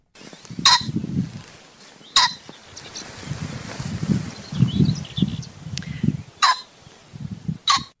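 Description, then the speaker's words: Common pheasant crowing: four loud, harsh, abrupt bursts spaced irregularly, with low rumbling and rustling sounds filling the gaps. Familiar call that most people have heard when passing a forest. "Det er kaldet fra en fasan, og mange af de fasaner, du kan høre, de bliver i dag udsat i Danmark til jagt."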